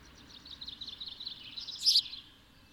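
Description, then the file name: House sparrow sending out one sharp, loud chirp near the end, after soft, continuous twittering. "Passer domesticus"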